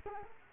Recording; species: mosquito wingbeat signal from an infrared sensor; Culex quinquefasciatus